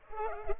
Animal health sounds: mosquito wingbeat signal from an infrared sensor; Culex pipiens

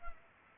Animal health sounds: mosquito wingbeat signal from an infrared sensor; Culex pipiens

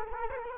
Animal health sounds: mosquito wingbeat signal from an infrared sensor; Culex quinquefasciatus

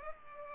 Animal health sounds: mosquito wingbeat signal from an infrared sensor; Culex pipiens

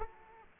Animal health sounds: mosquito wingbeat signal from an infrared sensor; Aedes aegypti

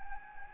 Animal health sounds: mosquito wingbeat signal from an infrared sensor; Anopheles gambiae

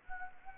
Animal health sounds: mosquito wingbeat signal from an infrared sensor; Anopheles gambiae

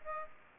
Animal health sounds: mosquito wingbeat signal from an infrared sensor; Aedes aegypti

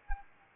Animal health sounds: mosquito wingbeat signal from an infrared sensor; Anopheles arabiensis

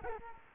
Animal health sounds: mosquito wingbeat signal from an infrared sensor; Culex quinquefasciatus

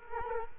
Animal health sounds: mosquito wingbeat signal from an infrared sensor; Culex quinquefasciatus

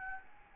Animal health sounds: mosquito wingbeat signal from an infrared sensor; Aedes albopictus

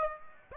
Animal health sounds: mosquito wingbeat signal from an infrared sensor; Aedes aegypti

